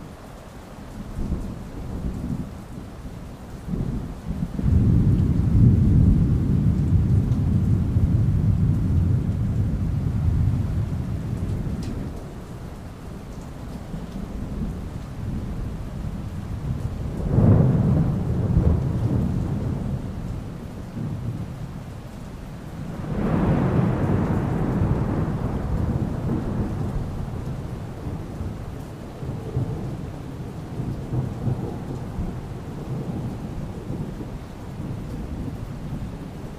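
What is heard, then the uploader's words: Thunder rolls through steady rain in a storm. A deep, heavy rumble swells from about 5 to 11 seconds, a sharper crack comes near 17 seconds, and another loud peal breaks around 23 seconds and slowly fades. Between them, rain hisses continuously underneath. Thunderstorm & Rain. White noise and nature sounds.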